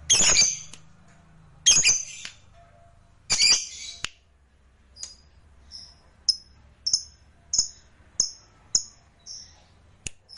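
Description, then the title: Lovebird with three harsh, shrill screeches followed by a steady series of brief high chirps and faint clicks. "Suara Lovebird Ini"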